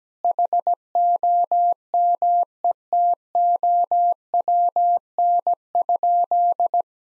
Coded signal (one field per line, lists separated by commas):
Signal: Morse code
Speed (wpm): 17 wpm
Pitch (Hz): 700 Hz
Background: none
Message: HOMETOWN?